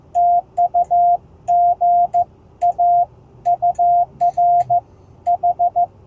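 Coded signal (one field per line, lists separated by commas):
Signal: Morse code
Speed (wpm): 14 wpm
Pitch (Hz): 700 Hz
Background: none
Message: TU GA UR H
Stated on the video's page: POTA park activation on 20m using a Hamstick antenna and a 10-watt Icom IC-703+.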